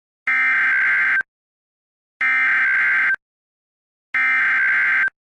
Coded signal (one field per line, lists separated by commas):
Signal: Emergency Alert System (SAME) tones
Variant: header bursts